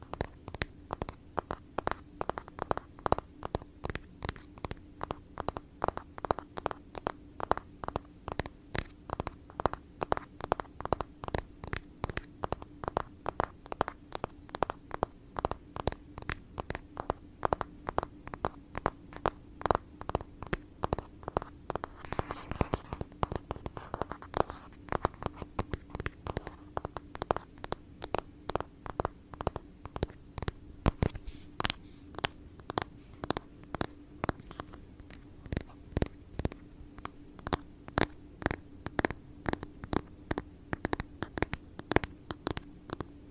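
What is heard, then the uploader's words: ASMR tapping: quick, regular taps roughly three to four per second, continuing steadily through the whole stretch with little variation in pace. Each tap is short and crisp, over a low steady hum underneath, with a few slightly louder taps scattered throughout. Blue yeti microphone. Asmr tapping.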